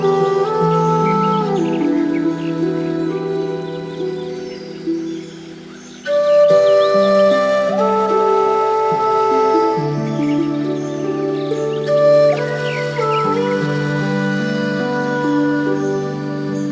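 Slow chakra meditation music of long, sustained tones layered into soft low chords, with higher gliding notes drifting above. The harmony shifts gently near six seconds and again around twelve to thirteen, with a brief swell in loudness at each change.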